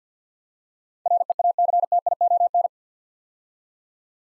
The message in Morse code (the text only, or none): REACTION